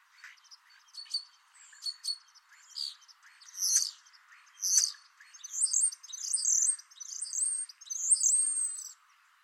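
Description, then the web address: Common starling song, a varied chatter of clicks and thin whistles building into a string of loud, repeated wheezy and rattling phrases near the end. "Deverinetal 2025. Bird Only"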